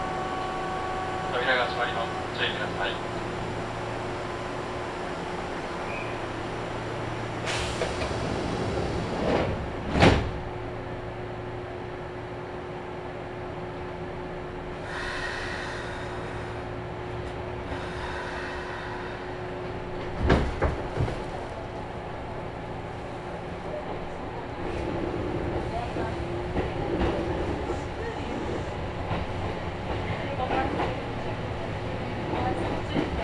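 Inside a Kintetsu train on the Ise-Wakamatsu to Shiroko line, a steady low rumble and hum run throughout, with a constant whine tone. Sharp clunks and bangs strike around 8, 10 and 20 seconds, with faint speech and rattling in places.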